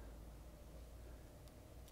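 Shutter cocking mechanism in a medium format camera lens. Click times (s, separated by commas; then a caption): 1.5 s, 1.9 s. A coin turns the cocking slot on the back of a medium-format Hasselblad CF lens clockwise over a low, steady background hum. Faint, short clicks sound at 1.5 s and 1.9 s as the shutter mechanism recocks and is caught again.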